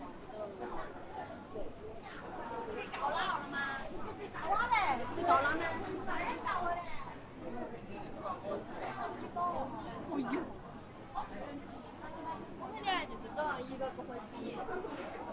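A busy crowd of many voices chatters steadily at Hongyadong in Chongqing, with a few speakers briefly rising above the constant hubbub.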